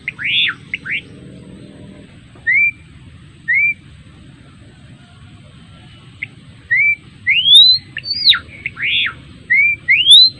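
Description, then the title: Java sparrow singing a few downslurred notes, then short upslurred whistles spaced about a second apart, ending in a faster run of rising and falling notes. Adult male, described as gacor, actively and freely singing. "Gelatik Belong Gacor Jantan Dewasa"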